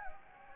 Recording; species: mosquito wingbeat signal from an infrared sensor; Anopheles gambiae